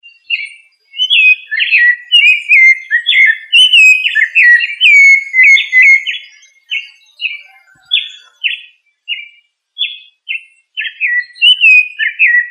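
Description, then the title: Thrush song of clear, slurred whistled phrases, each short and varied, falling and rising, given in a steady run with brief pauses between phrases. "Familia Turdidae - Sabia"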